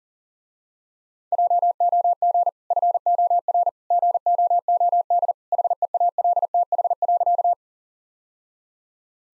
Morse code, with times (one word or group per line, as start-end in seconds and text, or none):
1.3-2.5 JOG
2.7-3.7 FOR
3.9-5.3 GOOD
5.5-7.5 HEALTH.